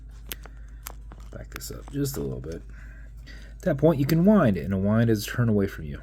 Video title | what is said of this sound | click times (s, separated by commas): Build #1042 - Classic Matte Silver BB - El-Salawy | and how you do that is you back the crown off the threads until you hear it and feel it clicking | 0.3 s, 0.9 s